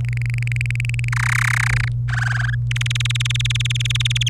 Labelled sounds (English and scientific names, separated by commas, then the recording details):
Domestic Canary (Serinus canaria) song
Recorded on 26 April 2018 at 15:53
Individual llb3